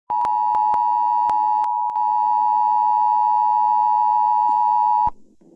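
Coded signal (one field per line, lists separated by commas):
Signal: Emergency Alert System (SAME) tones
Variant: 853 and 960 Hz attention tone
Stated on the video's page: Fictional mini alert scenario about fires in Montana.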